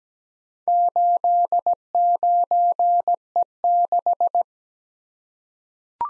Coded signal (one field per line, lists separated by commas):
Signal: Morse code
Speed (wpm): 17 wpm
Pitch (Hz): 700 Hz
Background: none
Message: 89E6